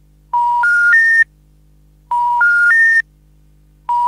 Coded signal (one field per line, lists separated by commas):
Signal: telephone call progress tone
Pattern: special information tone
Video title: Telephone Intercept Recordings from mid 1990s - Lost & Found Tapes (US, CA, UK, ES, JP, CS, IL)